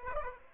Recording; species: mosquito wingbeat signal from an infrared sensor; Aedes aegypti